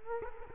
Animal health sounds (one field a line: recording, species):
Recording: mosquito wingbeat signal from an infrared sensor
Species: Culex quinquefasciatus